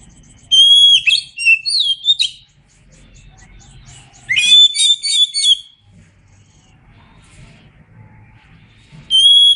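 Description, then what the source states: Oriental magpie-robin song of whistles and quick chirps, a dense chattering burst midway, then a final clear whistle over low background noise. Indonesian name kacer; described as gacor, meaning singing vigorously.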